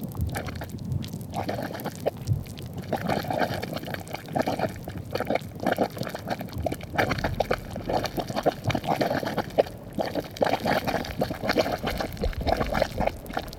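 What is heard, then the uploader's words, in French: A geyser in Iceland hisses and gurgles with churning water, a dense, rumbling roar that stays fairly steady across the clip. Quick bursts and splashes break through irregularly, with a low bubbling underneath and brief spikes of louder spray. Le son d'un geyser en Islande. Le geyser Strokkur jaillit toutes les 5 à 10 minutes. Remugles, hoquets, bouillonnements, gargouillis, déflagration : le son du geyser en stéréo mêle l'eau, la terre, l'air et le feu. Mix : Christophe Rault - Prise de son & montage : Anthony Carcone.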